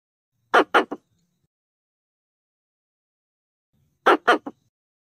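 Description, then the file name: Pallas's squirrel utters two rasping bursts of three quick notes each, spaced about three and a half seconds apart in otherwise silent surroundings. Calling the group. "tieng soc bung do keu goi dan"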